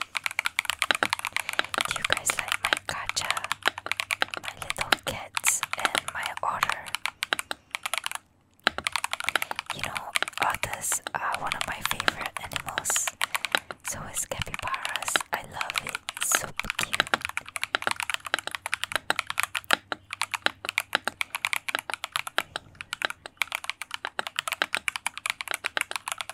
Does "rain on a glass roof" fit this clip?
no